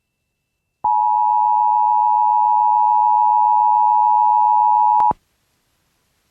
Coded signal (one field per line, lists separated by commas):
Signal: Emergency Alert System (SAME) tones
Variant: 853 and 960 Hz attention tone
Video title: Relay 5 Of TOA #711 EAS #550